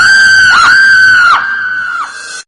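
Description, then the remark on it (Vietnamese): A single long, piercing scream at a high, sustained pitch, wavering slightly and loud throughout before dropping a little in volume and cutting off abruptly. “Một tiếng thét chói tai, lách cách, loảng xoảng, len can, gà bay chó sủa.”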